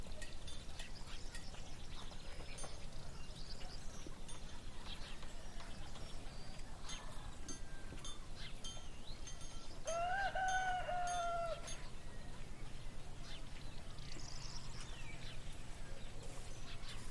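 Outdoor town sounds with a steady low rumble and murmuring activity throughout, scattered with faint clicks and knocks. Around ten to twelve seconds, a clear, drawn-out animal call rises above the rest, with softer bird-like chirps and calls appearing here and there.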